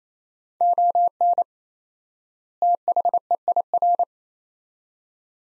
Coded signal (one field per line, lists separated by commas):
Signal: Morse code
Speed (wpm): 27 wpm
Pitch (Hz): 700 Hz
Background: none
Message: ON THEIR